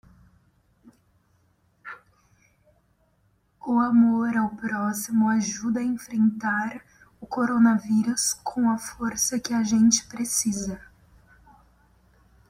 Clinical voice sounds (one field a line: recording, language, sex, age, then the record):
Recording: spoken sentence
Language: Brazilian Portuguese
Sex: female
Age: 20 to 29 years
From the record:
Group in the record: control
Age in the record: 22 years